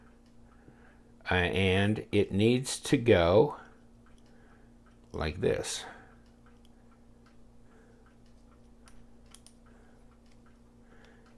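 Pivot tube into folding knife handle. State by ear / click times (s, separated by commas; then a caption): seated / 9.4 s, 9.5 s. During reassembly of a WE 916A Roxi 4 folding knife (Todd Knife & Tool design), the pivot tube is put back into the handle and turned until it seats in a small notch and can no longer rotate. Someone talks early on, then after quiet handling noise two sharp clicks sound at about 9.4 s and 9.5 s as the tube seats in the notch.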